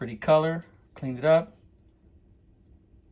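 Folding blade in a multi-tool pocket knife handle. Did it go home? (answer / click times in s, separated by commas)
no / none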